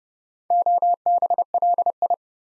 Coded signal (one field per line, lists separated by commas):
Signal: Morse code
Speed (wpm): 30 wpm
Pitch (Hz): 700 Hz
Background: none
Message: OBLI